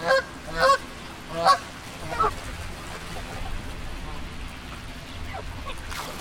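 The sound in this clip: Bird giving four loud honking calls in the first two and a half seconds, then only steady background noise.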